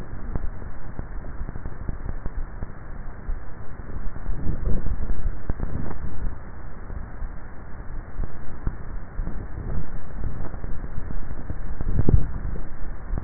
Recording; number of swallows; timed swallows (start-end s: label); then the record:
swallowing sounds by neck microphone; 2
4.55-5.28 s: swallow
11.92-12.92 s: swallow
From the record:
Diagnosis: dysphagia